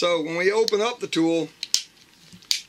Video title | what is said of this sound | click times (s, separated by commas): Fire Talon Multi Tool By JClawTek. Flash giveaway hidden inside. | everything clicks into place real well. | 1.7 s, 2.5 s